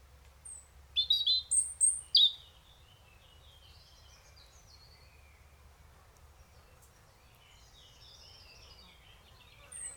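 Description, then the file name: European robin: a burst of sharp, high, varied notes in quick succession, then softer fluttering warbles. "Erithacus rubecula"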